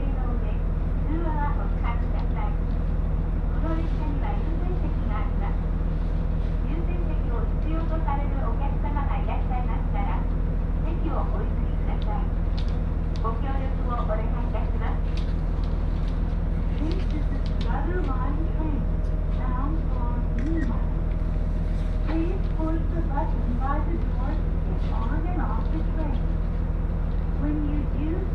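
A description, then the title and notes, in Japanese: A ride on the Tsugaru Line train from Kanita to Tsugaru-Futamata, with a steady low engine drone running unchanged for the whole half minute. Voices talk on and off over it, and small clicks and rattles turn up now and then. 津軽線 蟹田→津軽二股。列車はGV-E400系の1両で、いわゆるハイブリッド車になります。ほどよく混んでいてロングシートに座ります。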